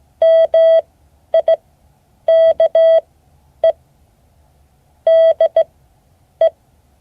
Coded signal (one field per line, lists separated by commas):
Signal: Morse code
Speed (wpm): 17 wpm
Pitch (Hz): 650 Hz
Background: none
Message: MIKE DE